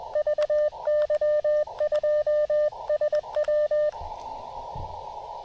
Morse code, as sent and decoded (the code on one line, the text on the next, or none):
...- -.-- ..--- ... .--
VY2SW